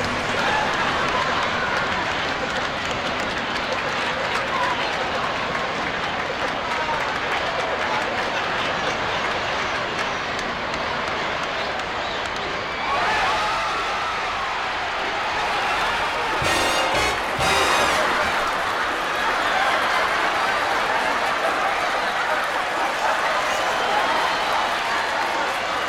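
Theatre applause rolls on as a dense, steady patter of clapping, shifting slightly near thirteen seconds with a brief thumping burst around seventeen.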